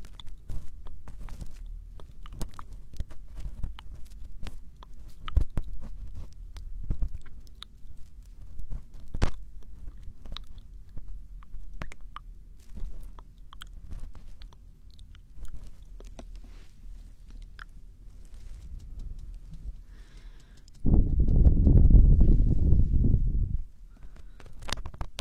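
Ear cleaning with scattered crisp scratches and clicks and a soft low rustle, then a dense low rumbling scrape from about 21 to 24 seconds.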